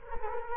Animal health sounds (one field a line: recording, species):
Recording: mosquito wingbeat signal from an infrared sensor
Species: Culex quinquefasciatus